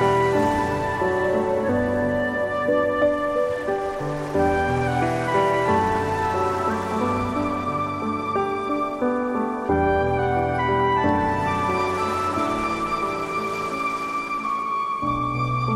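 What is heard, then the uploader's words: Piano and flute play a slow, sustained piece, with held notes and low bass tones shifting every second or two at a steady level. A soft hiss swells and fades underneath, most noticeable early on and again near the end, like washing sea waves. Piano and flute with sounds of the sea.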